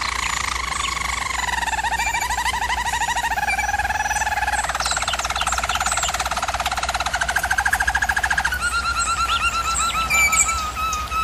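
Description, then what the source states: German Roller canary singing rolls and rattling trills, changing pitch and texture twice. German Roller canary song used as a training recording for canaries.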